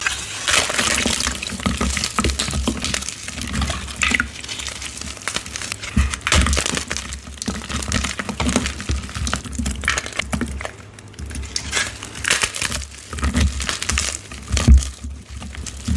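Crumbly chalk and cornstarch being crushed, a dense stream of gritty crunching and crackling that runs the whole time. The loudness pulses unevenly as pieces break and squeak, with a low thumping underneath, and it eases slightly around the eleventh second.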